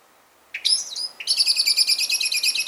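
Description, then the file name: Common blackbird, a short harsh note followed by a rapid rattling chatter of many quick, scratchy notes. "Turdus merula"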